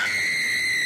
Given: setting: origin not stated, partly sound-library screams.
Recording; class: one-second piece from a danger detection set; woman in danger